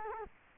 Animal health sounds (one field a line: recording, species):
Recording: mosquito wingbeat signal from an infrared sensor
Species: Culex quinquefasciatus